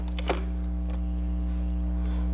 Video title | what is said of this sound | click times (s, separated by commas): My Alarm Center - How to Change a Battery(s) in a Standard GE Smoke Detector | the sensor back on the wall mount and turn it clockwise before you hear it click once | 0.2 s